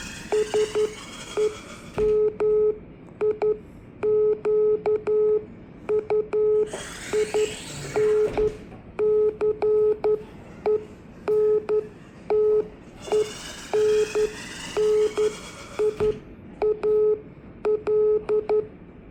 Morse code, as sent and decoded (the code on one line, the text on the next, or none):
... . -- .. --.- ..- .. -. -.-. . -. - . -. -. .. .- .-..
SEMIQUINCENTENNIAL